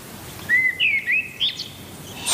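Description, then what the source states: Eurasian blackbird song: a short whistled phrase sliding up and down, followed by a thin high twitter, over steady low background hiss. Dawn chorus in a forest before daybreak; birds start singing in an almost fixed order, which the blackbird usually opens.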